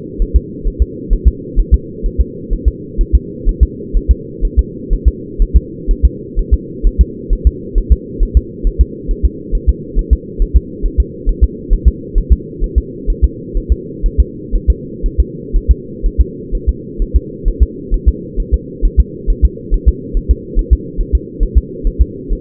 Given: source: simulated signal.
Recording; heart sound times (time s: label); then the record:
fetal heart sounds
0.22 s: S1
0.36 s: S2
0.67 s: S1
0.82 s: S2
1.13 s: S1
1.28 s: S2
1.59 s: S1
1.74 s: S2
2.06 s: S1
2.21 s: S2
2.53 s: S1
2.68 s: S2
3.01 s: S1
3.15 s: S2
3.49 s: S1
3.63 s: S2
3.97 s: S1
4.11 s: S2
4.45 s: S1
4.59 s: S2
4.93 s: S1
5.08 s: S2
5.42 s: S1
5.57 s: S2
5.91 s: S1
6.05 s: S2
6.39 s: S1
6.54 s: S2
6.87 s: S1
7.01 s: S2
7.33 s: S1
7.47 s: S2
7.78 s: S1
7.92 s: S2
8.23 s: S1
8.37 s: S2
8.67 s: S1
8.81 s: S2
9.11 s: S1
9.25 s: S2
9.55 s: S1
9.69 s: S2
9.99 s: S1
10.13 s: S2
10.42 s: S1
10.57 s: S2
10.86 s: S1
11.00 s: S2
11.29 s: S1
11.44 s: S2
11.73 s: S1
11.88 s: S2
12.18 s: S1
12.32 s: S2
12.64 s: S1
12.78 s: S2
13.10 s: S1
13.24 s: S2
13.57 s: S1
13.72 s: S2
14.06 s: S1
14.20 s: S2
14.55 s: S1
14.70 s: S2
15.06 s: S1
15.20 s: S2
15.56 s: S1
15.71 s: S2
16.06 s: S1
16.21 s: S2
16.55 s: S1
16.69 s: S2
17.02 s: S1
17.16 s: S2
17.48 s: S1
17.63 s: S2
17.94 s: S1
18.08 s: S2
18.40 s: S1
18.54 s: S2
18.85 s: S1
19.00 s: S2
19.30 s: S1
19.45 s: S2
19.74 s: S1
19.89 s: S2
20.17 s: S1
20.31 s: S2
20.59 s: S1
20.73 s: S2
21.01 s: S1
21.15 s: S2
21.43 s: S1
21.57 s: S2
21.87 s: S1
22.01 s: S2
22.33 s: S1
From the record:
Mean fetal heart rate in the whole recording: 130 bpm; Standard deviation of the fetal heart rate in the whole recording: 4 bpm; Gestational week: 38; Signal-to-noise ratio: -4.1 dB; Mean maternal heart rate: no maternal heart sound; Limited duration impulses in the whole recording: absent